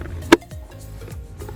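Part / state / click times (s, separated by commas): plastic trim cover into the center console armrest extension / seated / 0.3 s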